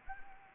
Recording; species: mosquito wingbeat signal from an infrared sensor; Anopheles gambiae